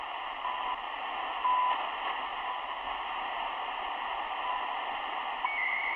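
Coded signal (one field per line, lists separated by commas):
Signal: radio time signal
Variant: CHU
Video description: Radio Estación de Señal Horaria.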